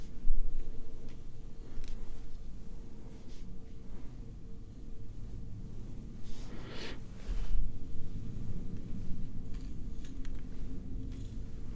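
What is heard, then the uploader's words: Scalp massage with soft scratching and brushing strokes over a steady low hum, with brief crisp scrapes near 2, 7, and 10 seconds. ASMR This Or That - Bestie Plays With Your Hair (Scalp Oiling, Plucking, Scratching, Hair Brushing). Scalp oiling, plucking, scratching (massage), hair parting, and brushing.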